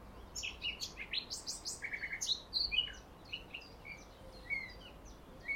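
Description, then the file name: Eurasian blackcap, a busy string of quick high chirps and clicks, loud at first and then scattered. "Sylvia atricapilla"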